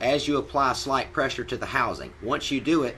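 A water pump housing is pressed down over the impeller and base plate of an outboard motor's lower unit while the vanes are twisted into place with a screwdriver. Only someone talking is heard, with no distinct click. The housing has not snapped into place yet; nothing has seated or clicked.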